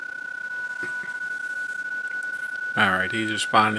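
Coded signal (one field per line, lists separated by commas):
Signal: PSK31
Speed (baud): 31.25 baud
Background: speech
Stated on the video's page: PSK31 from an FTDX10 at 40 watts into a 71 ft end-fed antenna, using FLDIGI.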